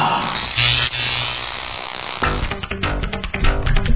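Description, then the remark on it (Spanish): A loud, harsh electric buzz, like an electric chair sound effect, drones steadily for about two seconds, then gives way to a run of sharp, rhythmic jolts and crackles, introducing the segment "La Silla Eléctrica" on the show Aleación Maestra. “Y así es, pues, como lo escucharon, este segmento se llama La Silla Eléctrica.”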